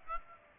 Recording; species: mosquito wingbeat signal from an infrared sensor; Aedes aegypti